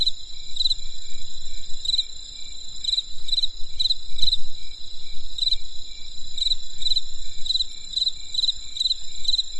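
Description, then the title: Shrill insect trills hold steady while short chirps recur in small bursts, with low rumble throughout. Insects calling on a winter night in the countryside; crisp sound. "There was a crisp sound of insects in the winter night. Come and experience a sound therapy feast from the countryside"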